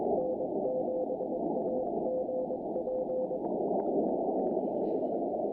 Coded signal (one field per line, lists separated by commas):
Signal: Morse code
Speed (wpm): 23 wpm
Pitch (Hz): 510 Hz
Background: none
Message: N7AGP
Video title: POTA by Lantern Light: CW and SSB with my Elecraft KX3 & a simple Tufetln random wire antenna